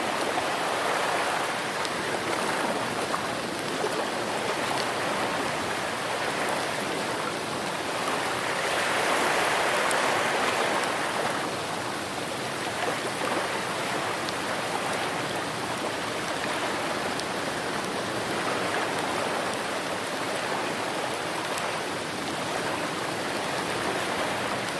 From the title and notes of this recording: Rainstorm White Noise For Sleeping Or Focus.